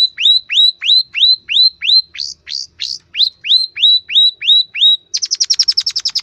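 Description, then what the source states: Long-tailed shrike song of quick rising whistled notes about three per second, briefly broken by harsher notes, ending in a fast rattling trill. Masteran: a training recording played to teach caged birds.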